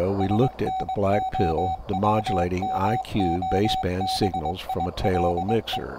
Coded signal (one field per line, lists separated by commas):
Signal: Morse code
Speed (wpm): 21 wpm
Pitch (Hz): 760 Hz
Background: speech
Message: SNOWMOBILE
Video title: STM32F411 (Black Pill) 4-Band SDR CW Xcvr